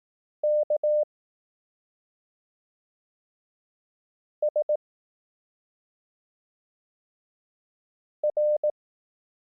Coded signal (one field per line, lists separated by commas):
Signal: Morse code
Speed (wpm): 18 wpm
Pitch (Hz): 600 Hz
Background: none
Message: K S R